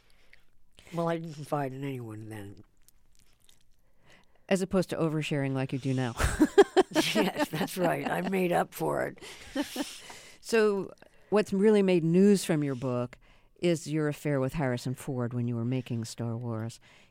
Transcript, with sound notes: Well, I didn't confide in anyone then.
As opposed to oversharing like you do now? (Laughter).
Yes, that's right. I've made up for it.
So what's really made news from your book is your affair with Harrison Ford when you were making "Star Wars."